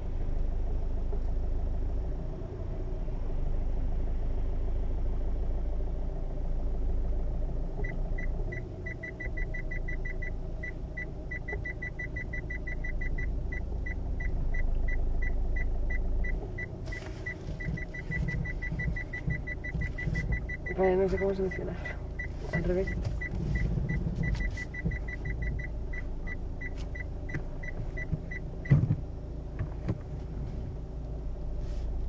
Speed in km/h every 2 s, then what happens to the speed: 0, 0, 0, 0, 1, 0, 0, 0, 0, 0, 0, 0, 0, 0, 0, 0.
0-32 standing.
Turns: none.